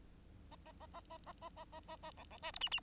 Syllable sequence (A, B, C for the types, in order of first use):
A A A A A A A A A A A B B C D E E